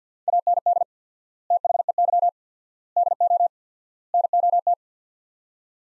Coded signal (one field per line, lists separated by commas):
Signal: Morse code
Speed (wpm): 50 wpm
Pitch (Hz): 700 Hz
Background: none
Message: AND THEY DO NOT